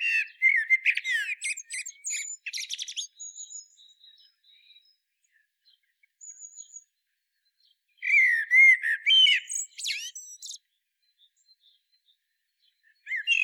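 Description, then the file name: Common blackbird with repeated phrases of fluty low notes and chattering high twitters, separated by brief quiet spells with faint calls. "Turdus merula"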